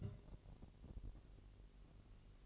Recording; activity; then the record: daily activity, microphone in the room; take from stove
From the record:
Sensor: 4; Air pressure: 1002.8 hPa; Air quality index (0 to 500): 234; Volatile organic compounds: 9 ppm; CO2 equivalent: 2197 ppm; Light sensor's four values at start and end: 7/15/6/6 and 7/15/6/6